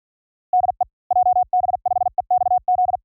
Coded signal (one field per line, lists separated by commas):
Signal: Morse code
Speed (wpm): 48 wpm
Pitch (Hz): 710 Hz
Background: none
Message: DE JB5EXZ